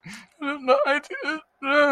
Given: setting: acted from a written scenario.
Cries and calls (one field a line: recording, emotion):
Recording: vocal sound without words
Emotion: shame